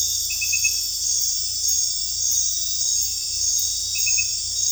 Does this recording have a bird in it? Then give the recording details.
no. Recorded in dense forest near Puerto Asís, Putumayo, Colombia, on 18 December 2024 at 20:00. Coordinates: 0.484, -76.317. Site G026